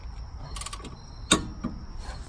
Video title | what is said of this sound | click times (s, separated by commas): How To Install Rear Gas Shock Absorber LH Driver Side Honda Civic 2006-2011 8th Gen - Removal Part 2 | As you can see, that click, or as you can hear, that click indicates that it's torqued to 43 foot-pounds. | 1.3 s